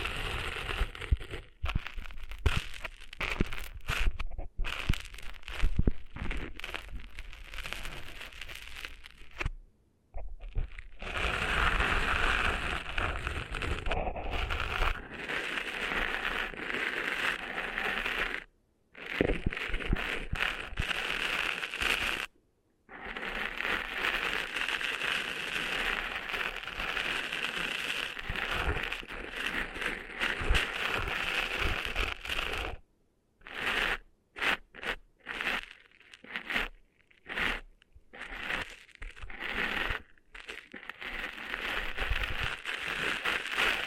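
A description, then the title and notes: Dense crackling and scratchy rustling of ear-cleaning sounds, bright and continuous, broken by brief silent gaps near 10, 19, 22 seconds and later. ASMR Cleaning Sand Out of Your Ears (No Talking).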